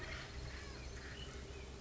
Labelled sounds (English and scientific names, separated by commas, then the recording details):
Acorn Woodpecker (Melanerpes formicivorus)
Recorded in Sonoma County, California